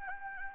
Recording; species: mosquito wingbeat signal from an infrared sensor; Anopheles gambiae